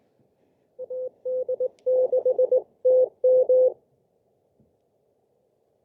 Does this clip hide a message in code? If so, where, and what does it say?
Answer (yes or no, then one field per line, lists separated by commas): yes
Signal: Morse code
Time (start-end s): 0.8-3.7 s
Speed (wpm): 19 wpm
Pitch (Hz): 510 Hz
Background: none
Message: AD6TM